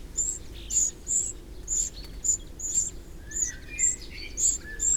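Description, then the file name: Eurasian wren calling with a rapid series of high, clipped tick notes; fainter rising and falling whistles from other birds sit underneath, with steady low background noise. "Troglodytes troglodytes"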